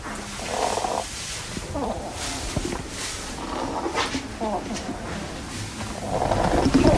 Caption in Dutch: Dan hoor je dat hij ook een beetje een reuteltje heeft. Het lijkt net alsof hij aan het snurken is. Dat lijkt zo, maar hij is niet aan het snurken. Dus deze egel heeft longwormen. En die krijgen ze bijvoorbeeld door als ze te veel slakken eten. En die longwormen die wonen in de longen en die eten eigenlijk de longen op. Dus gaan de longen kapot en dan krijg je zo'n rare geluidje.